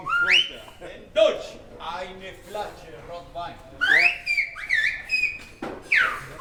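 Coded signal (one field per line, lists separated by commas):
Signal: whistled language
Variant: Silbo Gomero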